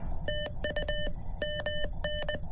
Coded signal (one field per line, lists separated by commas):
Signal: Morse code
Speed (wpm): 20 wpm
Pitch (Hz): 3000 Hz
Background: none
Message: TU MN